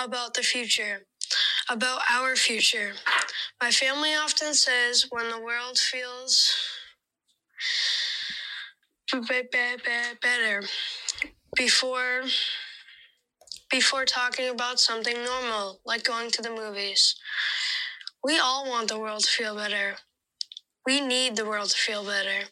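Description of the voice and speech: A 13-year-old boy who stutters gives a speech at the Democratic National Convention, then stalls on 'better' with repeated b- sounds, stretches 'before' and restarts it, after a pause of over two seconds. These part-word repetitions, prolongations and blocks are typical of stuttering.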